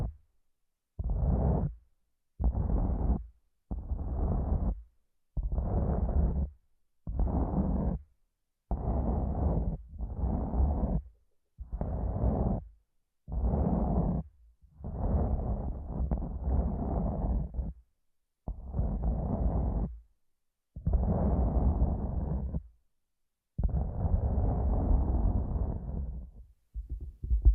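Headphones used as a microphone pick up muffled rubbing and massaging strokes, heavy and low, each lasting about a second or two. The bursts come in a steady rhythm with short silent gaps between them, and a few longer strokes appear in the second half.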